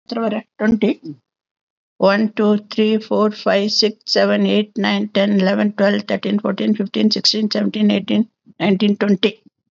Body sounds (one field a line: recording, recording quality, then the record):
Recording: counting at a fast pace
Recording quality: excellent, no background noise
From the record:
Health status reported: healthy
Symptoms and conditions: hypertension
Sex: female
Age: 79 years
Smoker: not ticked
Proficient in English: yes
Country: India